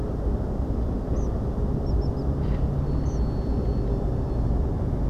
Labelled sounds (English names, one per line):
Tree Pipit